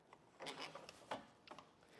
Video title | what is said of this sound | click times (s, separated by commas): etrailer - Swagman E-Spec Pro Bike Rack for 2 Electric Bikes Review - 2025 Honda Odyssey - S45SR | It locks into place. | 1.1 s